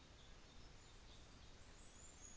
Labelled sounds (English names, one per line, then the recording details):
New Zealand Fantail
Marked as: faintness 2/5
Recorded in New Zealand on 24 December 2018
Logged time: 15:45